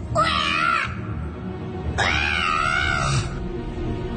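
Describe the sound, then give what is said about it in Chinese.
Two shrill, drawn-out wails like a yowling cat or crying newborn baby, sounding from outside the room, the first short and the second longer and wavering, rising loud over a low, steady background rumble. “呢啲刺耳嘅声音竟然听起身有啲似猫叫，或者系啱啱出世嘅 BB 仔嘅喊声。”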